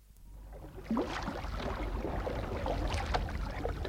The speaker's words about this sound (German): Mit aller Kraft stieß sie das leichte Boot hinaus in den Strom.